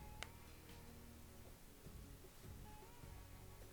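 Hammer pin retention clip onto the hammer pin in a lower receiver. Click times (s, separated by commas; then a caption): 0.2 s. A metal retention clip is pushed onto the hammer pin of a rifle trigger group in a cutaway lower receiver, circle end first with the straight piece lined up with the cut. A single sharp snap is heard at 0.2 s over a steady tonal background hum. The clip seats in place on the pin.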